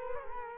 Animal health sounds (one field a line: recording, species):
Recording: mosquito wingbeat signal from an infrared sensor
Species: Culex quinquefasciatus